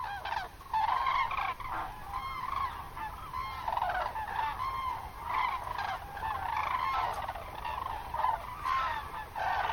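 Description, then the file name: Common cranes trumpeting together, overlapping honking calls rising and falling in waves, with a brief quieter dip near the start. "grus grus"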